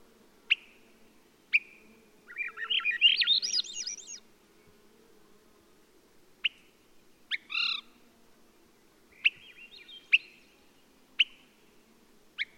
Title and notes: Swainson's Thrush. Macaulay Library at Cornell Lab of Ornithology